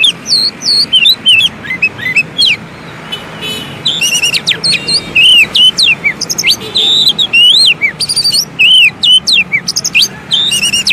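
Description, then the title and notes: Oriental magpie-robin delivering continuous, varied song: looping whistled notes, buzzy chips and trilled bursts, phrases following each other almost without pause. Long-duration fill-in (isian) song material for training kacer to sing actively (gacor) day and night. "Kacer Jadi Gacor Siang Malam. Isian Kacer Durasi Panjang"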